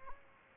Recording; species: mosquito wingbeat signal from an infrared sensor; Aedes albopictus